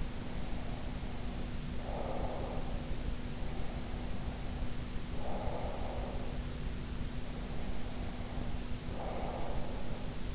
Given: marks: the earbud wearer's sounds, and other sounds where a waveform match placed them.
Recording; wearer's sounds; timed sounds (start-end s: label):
sounds in sleep by an in-ear microphone; breath
0.00-3.07 s: breath
3.34-6.55 s: breath
7.08-10.35 s: breath